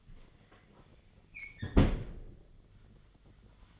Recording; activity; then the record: daily activity, microphone in the room; close fridge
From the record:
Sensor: 4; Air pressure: 1010.6 hPa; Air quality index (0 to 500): 176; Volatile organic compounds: 5 ppm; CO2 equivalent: 1784 ppm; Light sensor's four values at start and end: 28/84/33/34 and 34/101/40/40